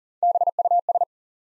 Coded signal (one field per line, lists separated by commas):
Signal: Morse code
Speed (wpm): 39 wpm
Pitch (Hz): 700 Hz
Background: none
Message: BUS